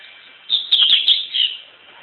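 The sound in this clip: Double-collared seedeater singing a short, lively phrase of rapid warbled notes and crisp ticks, roughly one second long, against faint steady hiss.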